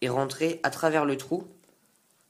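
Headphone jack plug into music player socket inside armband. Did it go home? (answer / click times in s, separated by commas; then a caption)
no / none. Someone talks while a headphone plug is pushed through the hole in a fabric armband toward the headphone socket of an iPod Touch held inside it. After the talking stops, faint handling sounds come at about 2.0 s and 2.1 s. The plug has not clicked or seated in the socket yet.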